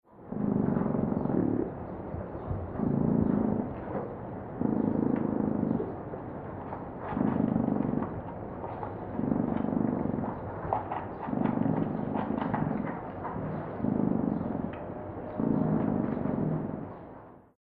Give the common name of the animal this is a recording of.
Patagonian Mara